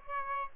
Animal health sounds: mosquito wingbeat signal from an infrared sensor; Aedes albopictus

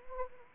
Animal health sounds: mosquito wingbeat signal from an infrared sensor; Anopheles arabiensis

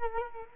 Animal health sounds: mosquito wingbeat signal from an infrared sensor; Culex quinquefasciatus

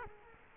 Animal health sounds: mosquito wingbeat signal from an infrared sensor; Culex quinquefasciatus

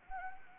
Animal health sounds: mosquito wingbeat signal from an infrared sensor; Anopheles arabiensis

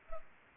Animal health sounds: mosquito wingbeat signal from an infrared sensor; Anopheles arabiensis

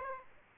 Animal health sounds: mosquito wingbeat signal from an infrared sensor; Aedes aegypti

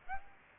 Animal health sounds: mosquito wingbeat signal from an infrared sensor; Aedes aegypti

